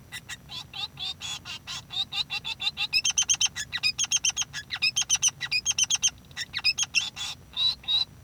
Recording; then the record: song of a male Bengalese finch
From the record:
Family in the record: son of father 3